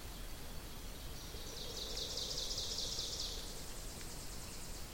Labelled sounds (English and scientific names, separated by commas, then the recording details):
Ovenbird (Seiurus aurocapilla) song
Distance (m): 70 m
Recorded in boreal forest in Alberta, Canada, on 2 June 2016 at 06:46
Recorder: SongMeter 3, array SBT-3-7
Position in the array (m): 193 m, 4 m
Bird 6